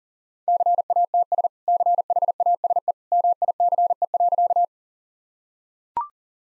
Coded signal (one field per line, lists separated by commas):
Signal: Morse code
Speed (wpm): 40 wpm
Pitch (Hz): 700 Hz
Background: none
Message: CATS CHASE MICE.